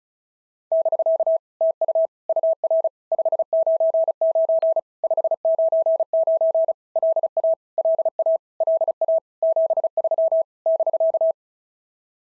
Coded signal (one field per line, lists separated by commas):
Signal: Morse code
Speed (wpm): 36 wpm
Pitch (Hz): 650 Hz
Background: none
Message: <BK> TU UR 599 599 LA LA LA 73 <BK>